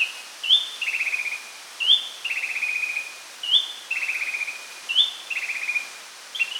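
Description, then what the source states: Philippine tailorbird calls: a short high note followed by a buzzy, slightly falling trill, the phrase repeated about every one and a half seconds. Subic, Philippines, 5 March 2012.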